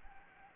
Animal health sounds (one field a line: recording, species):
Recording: mosquito wingbeat signal from an infrared sensor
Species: Anopheles gambiae